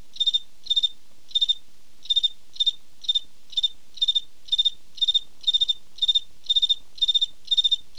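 Sand field cricket chirping steadily, a regular series of high pulsed chirps of three to four quick pulses each, continuing without pause.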